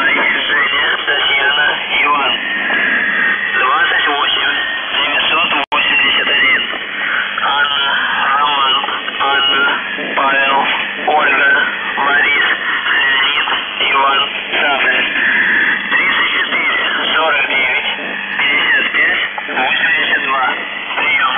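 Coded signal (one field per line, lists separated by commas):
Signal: numbers station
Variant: UVB-76 voice message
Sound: a man's voice reading steadily over noisy shortwave radio, with no buzzer tones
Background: radio static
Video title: The Buzzer/UVB-76(4625Khz) November 10, 2021 08:16UTC Voice message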